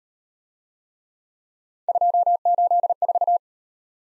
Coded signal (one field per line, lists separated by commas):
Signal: Morse code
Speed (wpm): 33 wpm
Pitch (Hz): 700 Hz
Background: none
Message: 284